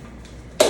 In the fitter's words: and it just clicks right in